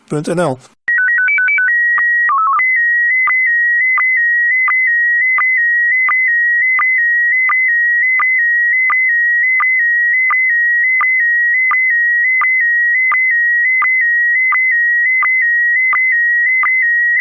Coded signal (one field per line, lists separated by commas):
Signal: SSTV (slow-scan television)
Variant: PD 90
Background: speech